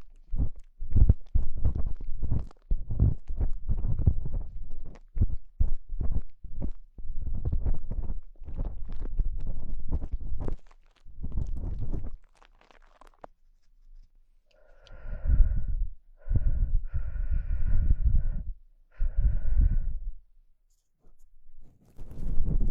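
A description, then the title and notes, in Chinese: Ear cleaning with various sticks: quick scratchy, crackling strokes come in dense bursts for the first thirteen seconds. After a pause, four longer rubbing passes with a steady buzzing whine follow from about 15 to 20 seconds, then another brief scrape at the end. 用各种棒棒清理你的耳朵。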